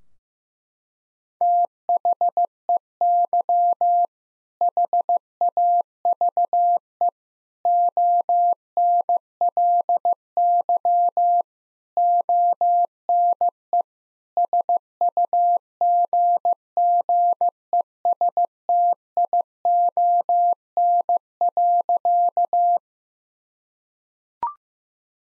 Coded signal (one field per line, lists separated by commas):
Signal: Morse code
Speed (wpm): 16 wpm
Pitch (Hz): 700 Hz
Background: none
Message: THEY HAVE ONLY ONE SUGGESTION.